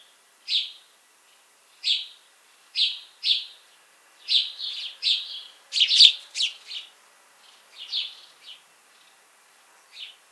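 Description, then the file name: House sparrow chirping: a run of short, harsh cheep notes, spaced at first, then bunching into rapid clusters before thinning out again. "Passer domesticus"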